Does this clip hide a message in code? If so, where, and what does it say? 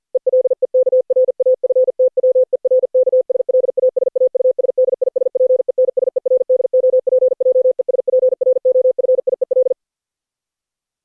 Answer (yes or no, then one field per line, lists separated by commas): yes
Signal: Morse code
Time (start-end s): 0.2-9.7 s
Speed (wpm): 48 wpm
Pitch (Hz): 510 Hz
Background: none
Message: ELEKRAFTWERK SLAS AUS DISPENSER DOPJES PROFIEL